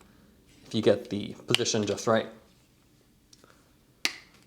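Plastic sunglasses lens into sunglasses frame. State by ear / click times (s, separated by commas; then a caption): seated / 4.1 s. A replacement plastic lens for Smith Defy semi-frameless cycling sunglasses is lined up with the notch and slid into the frame. Someone talks, then faint ticks follow around 3.3–3.5 s, and a sharp, loud snap comes at 4.0 s as the lens clicks and seats in the frame.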